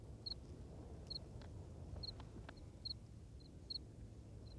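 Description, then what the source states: Cricket calls in crisp high chirps, some doubled, spaced under a second apart, with constant low wind noise and faint clicks. Recorded in strong wind, with the cricket clearly marked.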